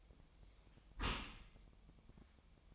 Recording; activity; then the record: daily activity, microphone in the room; close dishwasher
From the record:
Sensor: 1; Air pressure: 1004.7 hPa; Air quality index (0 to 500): 119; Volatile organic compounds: 4 ppm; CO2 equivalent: 1656 ppm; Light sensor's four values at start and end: 9/21/8/9 and 9/21/8/9